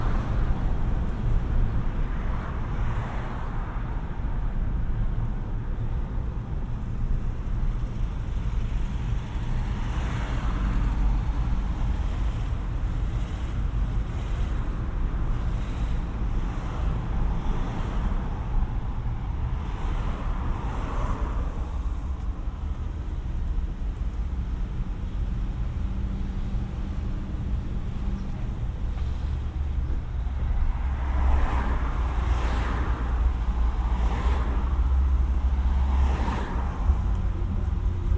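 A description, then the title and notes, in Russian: A car ride heard from inside, with a steady, heavy low rumble of the engine and road running throughout at a constant level. Brief brighter swells of passing traffic or tyre noise rise around 10, 20 and again from about 31 seconds. 3D прогулка по Сочи.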